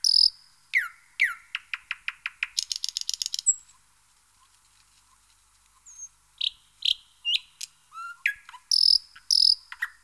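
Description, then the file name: Thrush nightingale singing varied phrases: downslurred notes, a stuttering run of repeated chops, a dry rattle, a pause, then loud clicks and whistles. "Jean C Roche - Rossignol progne"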